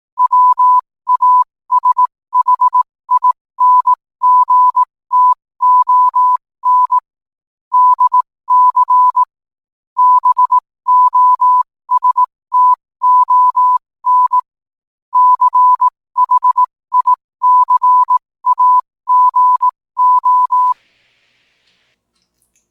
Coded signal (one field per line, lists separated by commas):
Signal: Morse code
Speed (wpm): 18 wpm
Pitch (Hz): 1000 Hz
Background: none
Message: WASHINGTON DC BOSTON CHICAGO